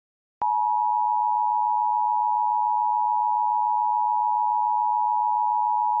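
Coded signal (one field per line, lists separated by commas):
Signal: Emergency Alert System (SAME) tones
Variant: 853 and 960 Hz attention tone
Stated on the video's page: Simulated EAS tones with valid tones in a fictional scenario.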